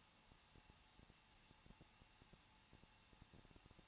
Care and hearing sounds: daily activity, microphone in the room; no activity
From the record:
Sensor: 1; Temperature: 20.1 degrees Celsius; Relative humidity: 39.1%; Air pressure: 1006.4 hPa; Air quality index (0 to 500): 216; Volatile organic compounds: 73 ppm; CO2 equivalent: 3544 ppm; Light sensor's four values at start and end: 1/2/1/1 and 1/2/1/1

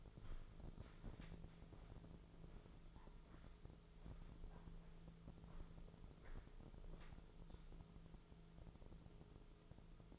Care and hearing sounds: daily activity, microphone in the room; walk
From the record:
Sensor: 5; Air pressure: 1005.6 hPa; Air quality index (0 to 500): 93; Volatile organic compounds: 2 ppm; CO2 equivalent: 1131 ppm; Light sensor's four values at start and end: 33/76/30/29 and 33/76/30/29

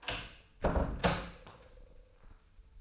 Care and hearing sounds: daily activity, microphone in the room; close door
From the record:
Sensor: 2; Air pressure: 996.0 hPa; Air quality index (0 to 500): 57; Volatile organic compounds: 2 ppm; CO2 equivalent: 1221 ppm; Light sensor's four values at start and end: 11/27/11/12 and 11/27/11/12

